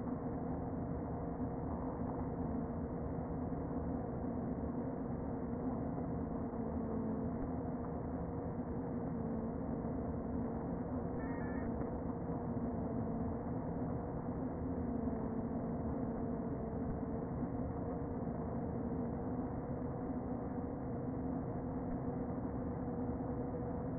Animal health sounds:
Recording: honeybee colony, microphone inside the hive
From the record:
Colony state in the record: queen present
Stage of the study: before two queens were removed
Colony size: about 60,000 bees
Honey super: yes

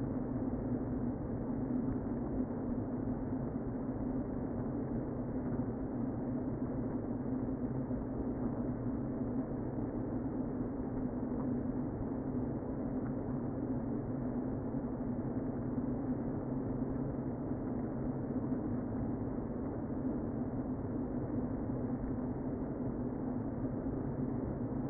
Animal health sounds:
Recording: honeybee colony, microphone inside the hive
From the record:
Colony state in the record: queen present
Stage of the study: before two queens were removed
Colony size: about 60,000 bees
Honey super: yes

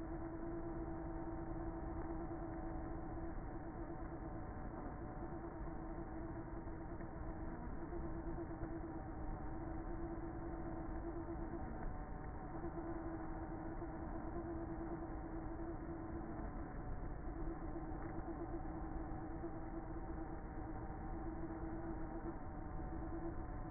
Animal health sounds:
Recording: honeybee colony, microphone inside the hive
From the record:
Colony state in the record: queenless with a low population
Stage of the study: before two queens were removed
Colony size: about 30,000 bees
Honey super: no

